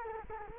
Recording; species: mosquito wingbeat signal from an infrared sensor; Culex quinquefasciatus